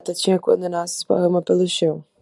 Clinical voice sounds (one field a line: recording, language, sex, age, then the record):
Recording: short text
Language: Brazilian Portuguese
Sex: female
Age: 20 to 29 years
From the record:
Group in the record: control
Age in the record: 23 years